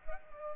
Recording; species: mosquito wingbeat signal from an infrared sensor; Culex pipiens